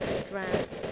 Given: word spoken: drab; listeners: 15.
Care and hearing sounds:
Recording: one English word in noise, from a listening test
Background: noise modulated by three-talker babble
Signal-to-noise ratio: -5.1 dB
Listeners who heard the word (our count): 1 of 15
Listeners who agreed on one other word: 6 of 15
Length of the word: 0.52 s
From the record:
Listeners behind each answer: 6, 3, 3, 1, 1, 1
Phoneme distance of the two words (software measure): 20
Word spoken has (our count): 1 syllable, 4 phonemes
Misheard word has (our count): 1 syllable, 4 phonemes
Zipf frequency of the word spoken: 3.11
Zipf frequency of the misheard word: 3.61

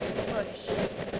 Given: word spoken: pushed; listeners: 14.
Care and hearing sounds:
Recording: one English word in noise, from a listening test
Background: noise modulated by three-talker babble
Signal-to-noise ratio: -6.1 dB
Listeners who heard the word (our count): 0 of 14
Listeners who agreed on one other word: 6 of 14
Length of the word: 0.80 s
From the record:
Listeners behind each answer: 6, 5, 2, 1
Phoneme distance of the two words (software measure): 7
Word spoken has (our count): 1 syllable, 4 phonemes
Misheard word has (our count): 1 syllable, 3 phonemes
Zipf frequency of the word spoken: 4.51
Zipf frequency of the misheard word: 4.92

